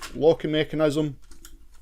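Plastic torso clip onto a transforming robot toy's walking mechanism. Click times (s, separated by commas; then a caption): 1.5 s. Someone talks while the clips under a plastic torso are slid onto the plastic walking mechanism of a transforming robot combiner toy. A short, sharp click at 1.5 s marks the part seating into place on the first attempt.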